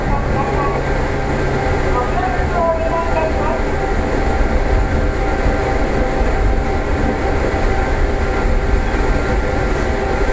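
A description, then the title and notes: A Nishitetsu 600 series train runs steadily, its low rumble and rattle holding an even level throughout. Faint tonal whines and squeals drift in and out, most noticeably in the first three seconds, with muffled voices possibly mixed into the background. 西鉄600系 貝塚線 新宮から貝塚まで. 西日本鉄道６００系電車の走行音です。 貝塚線で録音しました。 It is a running sound of a series train of Nishinippon Railway 600 series.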